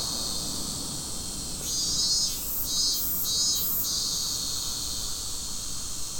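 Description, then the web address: Cicada song, a constant high drone broken by three loud pulsing bursts in the middle. Recorded in Fukushima on 30 July 2015. "fukudai fu cicadda"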